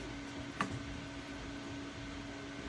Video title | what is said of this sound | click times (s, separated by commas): Anycubic Kobra 3 Deep Clog | And the lever comes down and locks in place. Okay. | 0.6 s